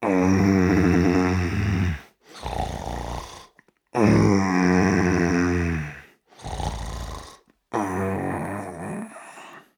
Male sleep snore.